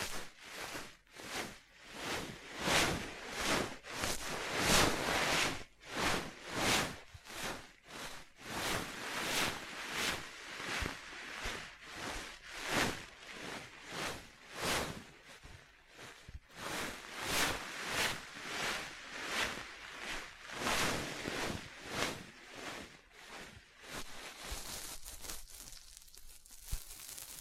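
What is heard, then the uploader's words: Dry scratching and tapping on a surface comes in quick, fairly regular strokes, roughly one or two each second, with gritty, crisp detail. Around 25 seconds the strokes grow fainter and turn into a lighter, brighter hiss. ASMR Simple But Effective Tapping, Scratching, Tracing and Panning (No Talking).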